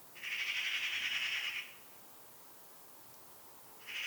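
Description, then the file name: Eurasian magpie uttering one long, grating rasp lasting about a second and a half, then silence before another harsh call begins. "Pica pica"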